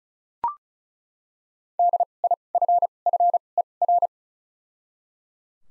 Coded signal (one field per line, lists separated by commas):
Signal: Morse code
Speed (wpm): 34 wpm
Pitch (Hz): 700 Hz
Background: none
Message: D I F F E R